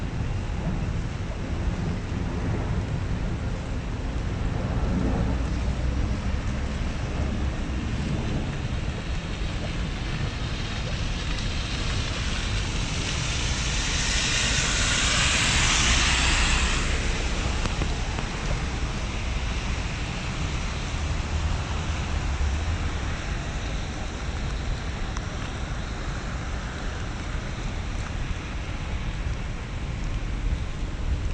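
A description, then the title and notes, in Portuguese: Steady rain falls during a walk in Central Park, with a low rumble throughout and a brighter passing swell of noise around fifteen seconds. Caminhando na chuva no Central Park em Manhattan Nova York.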